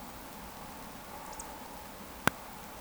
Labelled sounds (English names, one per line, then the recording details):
Eurasian Woodcock whistle
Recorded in Baden-Württemberg, Germany, on 14 June 2020 at 20:24 UTC
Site 14569, 102 m above sea level